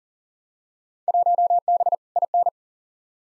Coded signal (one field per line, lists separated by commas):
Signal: Morse code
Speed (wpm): 40 wpm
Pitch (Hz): 700 Hz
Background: none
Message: 1B IN